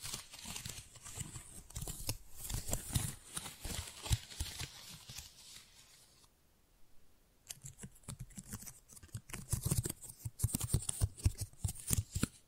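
Tingly flower sounds: dense, crinkly rustling and quick crackles, like petals and stems being handled, with soft low thumps underneath. The texture is busy and uneven, pausing into near quiet around six to seven seconds before the crisp crackling resumes.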